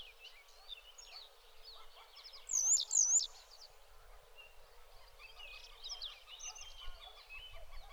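Bird call, a loud high double note with a wavy shape given once, over a busy background of chirps and twitters from other birds.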